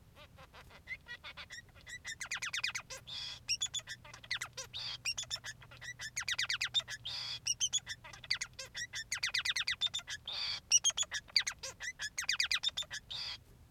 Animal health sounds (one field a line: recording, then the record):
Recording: song of a male Bengalese finch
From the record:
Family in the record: son of father 3